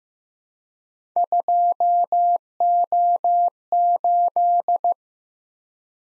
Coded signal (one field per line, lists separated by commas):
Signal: Morse code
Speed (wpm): 15 wpm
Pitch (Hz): 700 Hz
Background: none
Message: 2O8